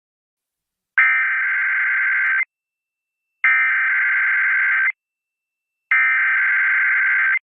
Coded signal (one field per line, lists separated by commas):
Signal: Emergency Alert System (SAME) tones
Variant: header bursts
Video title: Emergency alert system from/01/22/25/